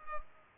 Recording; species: mosquito wingbeat signal from an infrared sensor; Culex pipiens